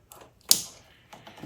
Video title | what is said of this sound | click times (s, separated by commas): Pathfinder LED Lighting Distribution Hub Install | There's your click. | 0.5 s